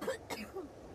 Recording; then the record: coughing mixed with background sound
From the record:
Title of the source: choking, hacking coughing